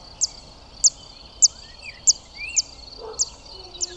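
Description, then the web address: Zitting cisticola repeating high, sharp 'zit' notes about every 0.6 seconds, while a few softer, lower chirps sound in the background. "Zitting cisticola. صدای-پرنده-سبدنشین-چکاچک"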